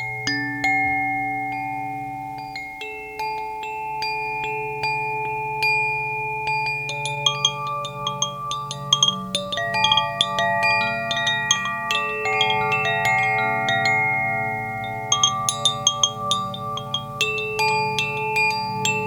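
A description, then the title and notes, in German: A Koshi chime rings continuously, its clear overlapping tones sustaining and blending, with frequent light bright strikes scattered throughout, denser toward the end. Als Sound Bath oder Sound Healing spiele ich euch Klänge mit meinem Koshi Klangspiel vor, und habe mich für die Klänge des Elementes Wasser entschieden.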